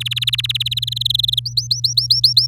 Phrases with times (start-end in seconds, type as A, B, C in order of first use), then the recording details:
0.00-0.80 A, 0.82-1.40 B, 1.45-2.47 C. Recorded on 4 May 2018 at 09:22. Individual llb16